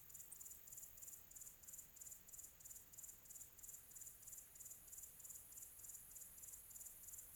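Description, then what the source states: Cricket chirping, high and shrill, pulsing steadily about three times a second against a soft, quiet background hiss. Quiet tropical atmosphere.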